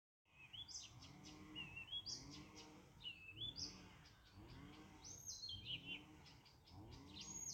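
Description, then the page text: Blyth's reed warbler singing quietly, with varied clear whistles and rising notes given in short repeated phrases, while a low throbbing sound pulses steadily beneath. One bird singing, Riga, 29 June 2022. "садовая камышевка, Acrocephalus dumetorum Bремя наблюдения 29-Jun-2022 Rīga Skaits 1 Статус Поёт"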